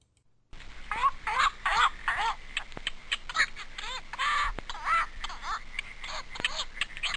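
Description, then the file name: Black-crowned night heron calls: after a brief silence, a noisy crowd of raspy, squawking notes starts, many birds calling at once with uneven, rapid rhythm. "Nitticora"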